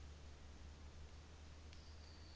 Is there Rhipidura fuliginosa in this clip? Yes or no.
no